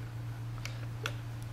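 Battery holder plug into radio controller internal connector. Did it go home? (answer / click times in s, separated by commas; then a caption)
yes / 1.1 s. A battery holder's plug is pushed into the connector inside a radio controller's battery bay. A few faint ticks lead up to a sharp, bright click at 1.1 s as the plug seats, followed by a soft tick, over a steady low hum.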